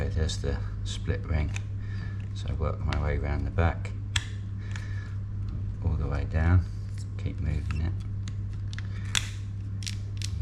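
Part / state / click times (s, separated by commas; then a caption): split retaining ring on a rebreather breathing hose connector / seated / 9.2 s. A split retaining ring is worked around the back of a breathing-hose connector fitting on a JJ-CCR rebreather's convoluted hose and pushed all the way down toward its groove while someone talks, with small ticks and handling noises along the way. At 9.2 s the ring snaps into its groove with a sharp click and is seated on the hose fitting.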